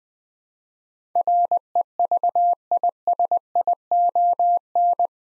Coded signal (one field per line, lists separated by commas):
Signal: Morse code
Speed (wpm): 20 wpm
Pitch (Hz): 700 Hz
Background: none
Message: REVISION